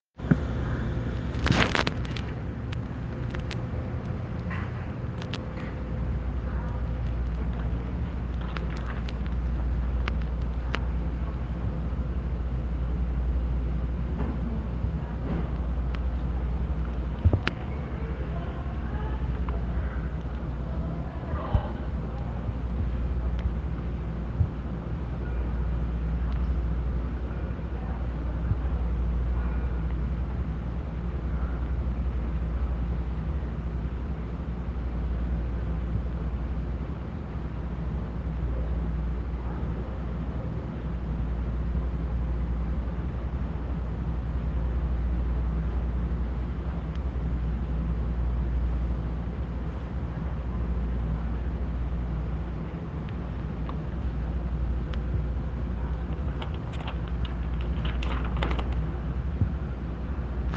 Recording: hospital ward noise